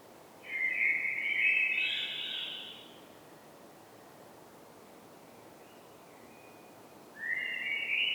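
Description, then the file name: Common blackbird singing a mellow whistled phrase with a thin high ending, a long pause, then the start of the next warbled phrase. "Turdus merula"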